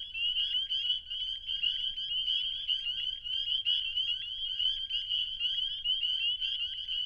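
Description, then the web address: Chorus of spring peepers, sharp high-pitched peeps from many frogs merging into a constant shrill, pulsing ring. Recorded in Wisconsin in spring 2019. "Wisconsin 2019 Spring Peepers Peepin'"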